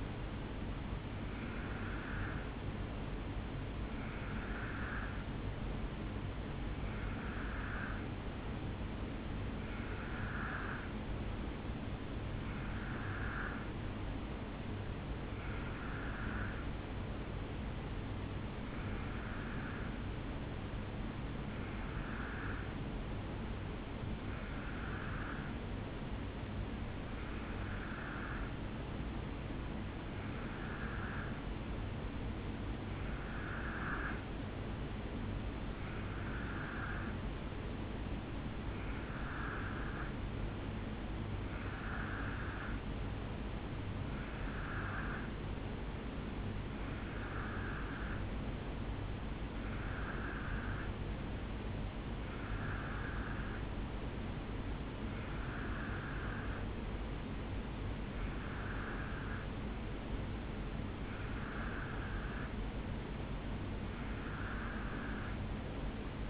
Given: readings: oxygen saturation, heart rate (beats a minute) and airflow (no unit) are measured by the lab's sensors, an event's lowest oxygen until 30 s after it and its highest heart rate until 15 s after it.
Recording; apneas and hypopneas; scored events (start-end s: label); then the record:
breathing in sleep by a voice recorder at the bedside; none
none scored
From the record:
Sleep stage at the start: N2 (light sleep); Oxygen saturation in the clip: 90 to 91%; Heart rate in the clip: 63 to 68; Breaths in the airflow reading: 23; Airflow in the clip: -3.2 to 2.1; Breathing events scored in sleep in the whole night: 449 in 7.0 hours asleep